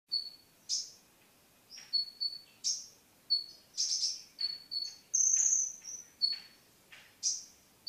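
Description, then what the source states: Sunbird song: thin, high whistled notes, some steady and some sharply sweeping, given in quick separate bursts with short pauses, plus one longer note. Local name kolibri gunung (mountain sunbird).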